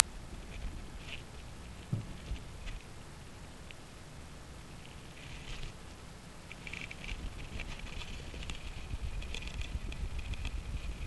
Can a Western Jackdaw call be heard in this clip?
no